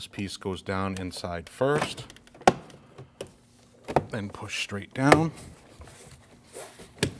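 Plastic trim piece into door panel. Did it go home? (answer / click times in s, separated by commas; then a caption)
yes / 7.0 s. A plastic door trim piece for a 2012-2016 Honda CR-V front door panel is set down inside first, then pushed straight down into the door panel. Someone talks over soft handling sounds and a few sharp knocks. A single sharp click at 7.0 s is the trim piece's clip seating.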